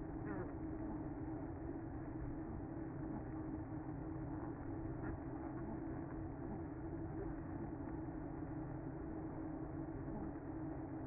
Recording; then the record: honeybee colony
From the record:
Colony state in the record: active